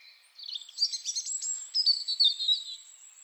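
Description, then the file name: European robin song, a quick jumble of high tinkling notes and short trills, with a steady thin high tone running through it. "Erithacus rubecula"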